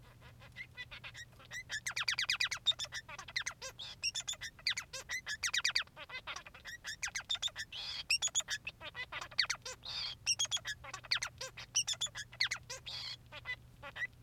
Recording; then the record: song of a male Bengalese finch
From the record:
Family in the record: son of father 3